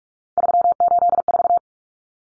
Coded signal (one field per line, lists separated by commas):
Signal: Morse code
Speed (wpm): 44 wpm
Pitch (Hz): 700 Hz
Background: none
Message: 384